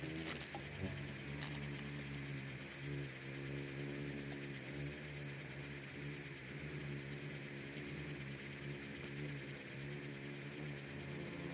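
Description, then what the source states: Insects swarm with a dense, steady buzzing drone and a faint high whine, a few sharp clicks near the start. Bugs and beetles swarming in the Namib desert, which seems quiet at first listen but is full of soundscapes and micro-sounds.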